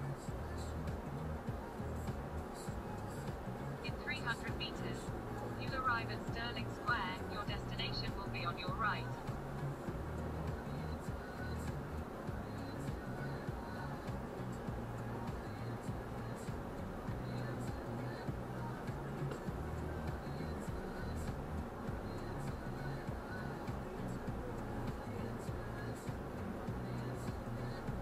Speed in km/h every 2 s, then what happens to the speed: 3, 2, 2, 2, 3, 4, 4, 3, 2, 3, 3, 5, 4, 4.
2-7 standing. 7-28 steady at about 3.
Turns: none.